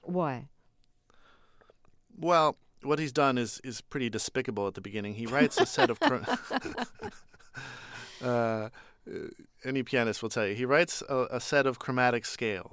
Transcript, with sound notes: Why?
Well, what he's done is pretty despicable at the beginning.
(LAUGHTER)
He writes a set of - any pianist will tell you. He writes a set of chromatic scales,